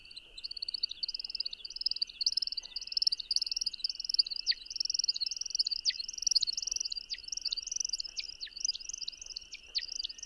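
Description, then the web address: American Woodcock twittering: a continuous high warbling chatter over a steady thin tone, broken by quick downward-dropping chirps. Common western North American species. "Nature Songs N America Songs of Birds of North America Know Your Bird Sounds Common Western Species American Woodcock"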